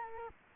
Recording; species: mosquito wingbeat signal from an infrared sensor; Culex quinquefasciatus